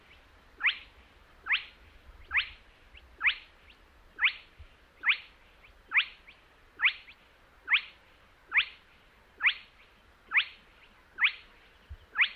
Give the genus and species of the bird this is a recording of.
Porzana porzana